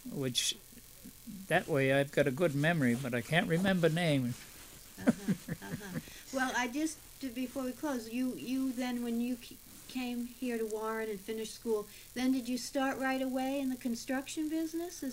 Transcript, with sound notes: which, that way I have a good memory, but I can't remember names. (He laughs.)
Well, I just, before we close, you then, when you came here to Warren and finished school, then did you start right away in the construction business?